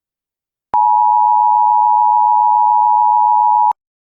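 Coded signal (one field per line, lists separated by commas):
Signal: Emergency Alert System (SAME) tones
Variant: 853 and 960 Hz attention tone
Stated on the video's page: Fictional analog-horror EAS scenario.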